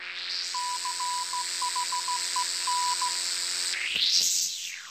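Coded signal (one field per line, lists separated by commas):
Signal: Morse code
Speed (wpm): 14 wpm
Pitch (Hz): 990 Hz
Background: none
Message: CHEN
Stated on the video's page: Morse rhythm for C H E N used as a musical theme in a live Electone concert performance.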